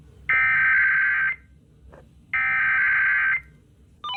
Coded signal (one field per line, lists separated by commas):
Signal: Emergency Alert System (SAME) tones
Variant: header bursts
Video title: KLOVE and Santa Barbara Weekly Tests (EAS #14837-14840) 1/23/24